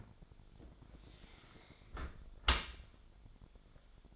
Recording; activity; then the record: daily activity, microphone in the room; close dishwasher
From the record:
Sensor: 5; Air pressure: 1006.7 hPa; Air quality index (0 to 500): 186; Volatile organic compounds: 5 ppm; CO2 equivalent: 1774 ppm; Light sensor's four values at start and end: 54/150/59/59 and 53/150/59/59